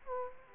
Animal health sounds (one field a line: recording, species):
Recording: mosquito wingbeat signal from an infrared sensor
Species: Culex quinquefasciatus